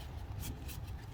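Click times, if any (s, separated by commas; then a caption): none. An electrical connector is pushed toward its socket on a new air suspension compressor or valve block of an Audi Q7. A low engine-like rumble runs throughout, with brief broadband scuffs near 0.4–0.5 s and 0.7 s. Nothing has seated or clicked yet.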